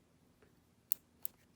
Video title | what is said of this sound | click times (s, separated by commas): Tj oconnel FG series instruction video. www.forceghostsabers.com #forceghostsabers | then you'll hear it click and you know it's in | 0.9 s